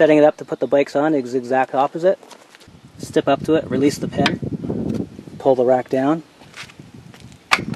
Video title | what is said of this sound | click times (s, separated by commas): Yakima Stickup bike rack review - Subaru Forester Turbo | you can hear the click | 7.5 s